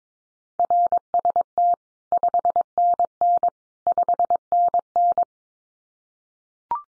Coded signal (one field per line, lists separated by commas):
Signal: Morse code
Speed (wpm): 22 wpm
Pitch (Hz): 700 Hz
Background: none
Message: RST 5NN 5NN